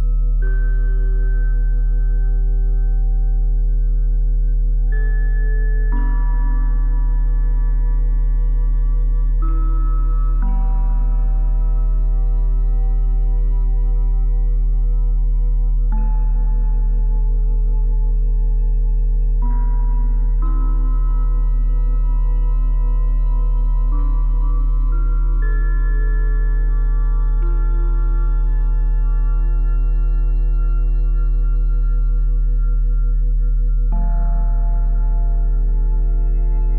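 Layered 174, 417 and 741 Hz tones hum over a steady low drone, with ringing bowl-like overtones shifting roughly every five seconds.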